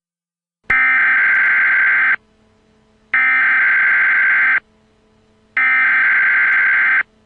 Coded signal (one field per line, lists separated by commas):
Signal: Emergency Alert System (SAME) tones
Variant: header bursts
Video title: Mega Man Nightmare Boss Attack (multi-part EAS mock-up) - Part 1-3